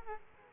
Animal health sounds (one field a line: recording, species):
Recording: mosquito wingbeat signal from an infrared sensor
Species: Aedes aegypti